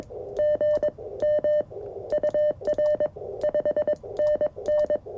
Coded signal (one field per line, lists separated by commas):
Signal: Morse code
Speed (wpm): 24 wpm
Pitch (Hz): 590 Hz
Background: none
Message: GM UR 5NN